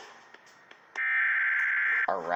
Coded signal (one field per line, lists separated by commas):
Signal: Emergency Alert System (SAME) tones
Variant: header bursts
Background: speech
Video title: EAS 609 FLW NWS Charleston WV